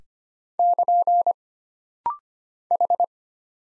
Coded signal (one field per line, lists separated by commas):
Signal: Morse code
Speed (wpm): 25 wpm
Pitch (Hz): 700 Hz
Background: none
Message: <KN> H